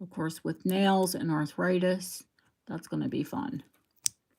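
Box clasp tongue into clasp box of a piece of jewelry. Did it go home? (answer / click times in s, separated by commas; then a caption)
yes / 4.1 s. Someone talks while closing the box clasp of a vintage bracelet or necklace, fiddly with nails and arthritis. The clasp's tongue snaps into its box with a sharp click at 4.1 s, and the clasp is seated.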